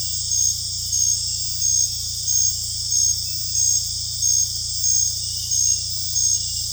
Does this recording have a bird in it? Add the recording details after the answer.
no. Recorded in secondary vegetation near Puerto Asís, Putumayo, Colombia, on 18 December 2024 at 20:00. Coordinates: 0.484, -76.319. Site GP06